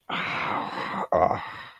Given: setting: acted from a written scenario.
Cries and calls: vocal sound without words; shame

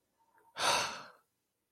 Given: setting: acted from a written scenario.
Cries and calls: vocal sound without words; disappointment

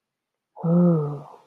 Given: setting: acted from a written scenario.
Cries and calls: vocal sound without words; serenity

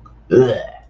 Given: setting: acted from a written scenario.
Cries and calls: vocal sound without words; disgust

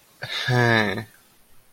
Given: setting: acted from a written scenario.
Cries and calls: vocal sound without words; serenity

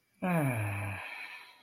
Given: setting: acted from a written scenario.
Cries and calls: vocal sound without words; contentment

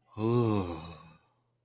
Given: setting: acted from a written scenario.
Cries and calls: vocal sound without words; awe

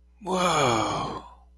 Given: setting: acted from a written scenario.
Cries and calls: vocal sound without words; positive surprise

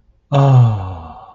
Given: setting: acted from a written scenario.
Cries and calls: vocal sound without words; adoration

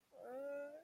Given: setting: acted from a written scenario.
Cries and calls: vocal sound without words; fear

